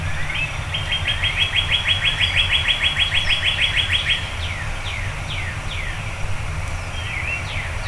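Birds singing before dawn, with a brisk repeated trill for several seconds, then a run of descending whistled notes, against a continuous low hum.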